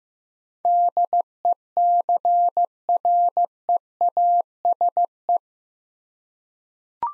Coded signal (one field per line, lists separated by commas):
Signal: Morse code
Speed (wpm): 15 wpm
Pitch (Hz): 700 Hz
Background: none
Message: DECREASE